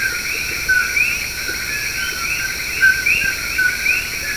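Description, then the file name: Common coqui frogs calling in chorus: overlapping two-note rising chirps repeat throughout, over a steady high hum. "coqui"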